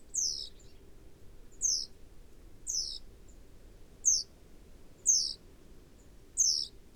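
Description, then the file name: Great tit calls: six brief, very high descending notes at slightly uneven intervals, with a soft low hum. "Parus major"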